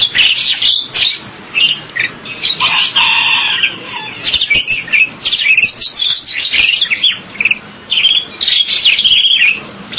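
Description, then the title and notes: Bali myna singing a jumbled mix of scratchy chatters, short squeaky whistles and harsh bursts, delivered in quick, irregular phrases. "Jalak Bali. Kicau Burung Jalak"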